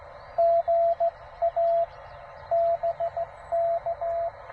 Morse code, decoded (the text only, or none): GA BK